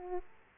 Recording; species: mosquito wingbeat signal from an infrared sensor; Aedes aegypti